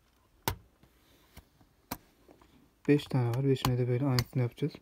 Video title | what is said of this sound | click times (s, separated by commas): HDD CADDY İLE SSD NASIL TAKILIR ?-- DELL INSPIRON 3567 SSD UPGRADE WITH HDD CADDY. | hafiften böyle sokunca çık diye ses gelecek 5 tane var | 0.5 s, 1.9 s